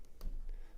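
A splice connector joining an ematch and shooting wire is crimped down with pliers after the second wire is inserted. A sharp click at 0.2 s stands out from fainter ticks, and the connector is seated nice and secure.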